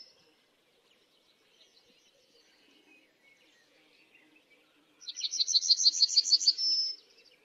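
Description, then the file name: Yellowhammer song: after several seconds of faint background noise, a rapid series of similar high notes ends in a drawn-out final note. "Emberiza citrinella"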